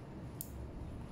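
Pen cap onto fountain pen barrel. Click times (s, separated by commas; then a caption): 0.4 s. The cap of a Kaco Edge fountain pen is closed over the barrel, where small magnetic metal parts hold it. Over a low background rumble, one short, sharp click sounds at 0.4 s as the cap seats shut.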